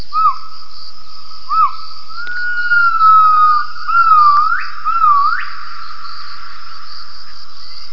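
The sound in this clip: Gibbon calling: a series of whistled notes that start as short dips and grow into longer rising sweeps with sharp upward swoops near the end, over quiet background.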